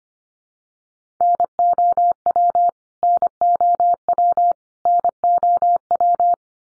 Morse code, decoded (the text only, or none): NOW NOW NOW